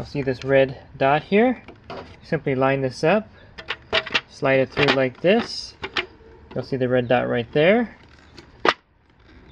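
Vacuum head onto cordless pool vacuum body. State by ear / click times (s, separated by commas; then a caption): seated / 8.7 s. A plastic vacuum head is lined up with a red dot and slid onto the body of a Pool Blaster Pulse battery-operated pool and spa vacuum while someone talks, with soft plastic clicks and rubs along the way. It is then pushed back and turned, and it snaps and locks into place with a sharp click at 8.7 s.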